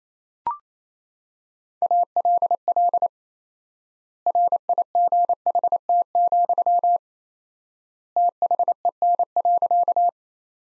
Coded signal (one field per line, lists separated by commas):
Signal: Morse code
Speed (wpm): 28 wpm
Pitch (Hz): 700 Hz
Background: none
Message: ALL RIGHT, THEN.